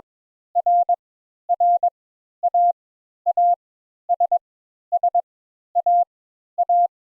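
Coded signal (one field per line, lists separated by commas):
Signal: Morse code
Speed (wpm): 22 wpm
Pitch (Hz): 700 Hz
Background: none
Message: R R A A S S A A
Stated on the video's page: Morse code introductory lesson teaching the letters A and N.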